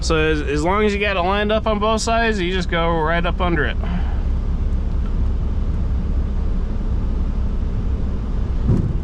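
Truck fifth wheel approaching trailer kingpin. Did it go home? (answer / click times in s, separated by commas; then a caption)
no / none. A truck, the same width as its trailer, is lined up with the trailer on both sides and backs its fifth wheel right up under it toward the kingpin. Someone talks for the first four seconds over a steady low vehicle rumble that continues to the end. The fifth wheel has not yet picked up or latched the trailer, and no click has occurred.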